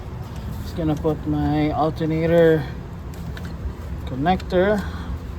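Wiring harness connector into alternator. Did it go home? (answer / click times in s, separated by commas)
no / none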